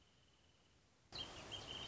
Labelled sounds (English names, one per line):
Wrentit